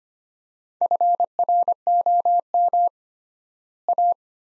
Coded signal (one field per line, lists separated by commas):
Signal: Morse code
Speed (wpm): 25 wpm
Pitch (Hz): 700 Hz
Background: none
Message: FROM A